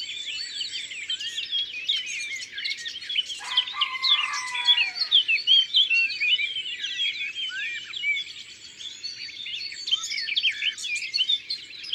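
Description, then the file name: Eurasian blackcap song, an unbroken rapid warble of high twitters and whistles, with a brief lower-pitched sound partway through. Recorded in the Drôme, France. "Fauvette a tete noire Concerts Naturels de la Drome Studio les Trois Becs"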